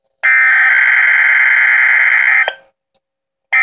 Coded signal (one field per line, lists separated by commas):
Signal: Emergency Alert System (SAME) tones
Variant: header bursts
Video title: Required Weekly Test (EAS#24)